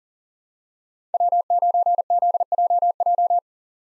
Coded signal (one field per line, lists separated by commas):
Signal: Morse code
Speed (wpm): 40 wpm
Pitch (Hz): 700 Hz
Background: none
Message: W9ZJJ